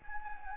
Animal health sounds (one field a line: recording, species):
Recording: mosquito wingbeat signal from an infrared sensor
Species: Anopheles gambiae